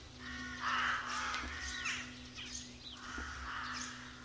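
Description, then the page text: Rooks calling in a colony, a rough drawn-out caw followed by scattered quieter calls, faint hum throughout. "Б. Вепринцев - Голоса весны (1970) - A1. Колония грачей"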